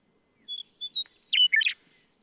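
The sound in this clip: Western meadowlark song, a single phrase opening with flute-like whistles and ending in a rich, warbled jumble.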